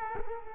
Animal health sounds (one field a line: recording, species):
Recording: mosquito wingbeat signal from an infrared sensor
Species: Culex quinquefasciatus